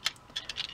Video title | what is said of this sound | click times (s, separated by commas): Earthrise DOUBLEDEALER : TRANSFORMATION ! | on les ramène vers le bas elle vient de ce clip c'est en place on | 0.4 s